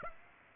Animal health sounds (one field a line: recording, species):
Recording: mosquito wingbeat signal from an infrared sensor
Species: Aedes aegypti